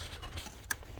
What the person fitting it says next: Okay, you want to hear it click, and it did.